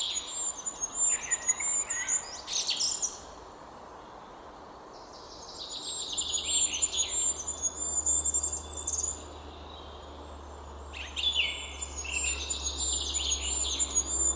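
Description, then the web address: Goldcrest song: very high, thin repeated phrases in bursts, with a low hum beneath from about six seconds on. "linnut hippiainen"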